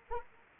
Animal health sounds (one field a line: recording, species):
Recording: mosquito wingbeat signal from an infrared sensor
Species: Anopheles arabiensis